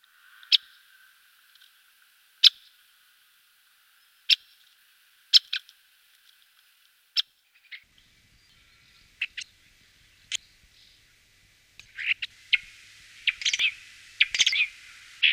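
Bird giving short, sharp high notes spaced a second or two apart, then denser high notes crowding together toward the end.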